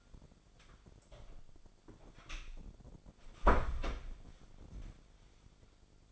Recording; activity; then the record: daily activity, microphone in the room; close door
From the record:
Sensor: 5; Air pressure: 1007.2 hPa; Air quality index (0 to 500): 167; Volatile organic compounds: 4 ppm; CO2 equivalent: 1601 ppm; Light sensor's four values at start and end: 55/156/61/61 and 55/156/61/61